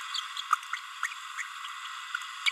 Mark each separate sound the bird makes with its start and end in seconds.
0.14-0.20, 0.73-0.76, 1.03-1.07, 2.46-2.50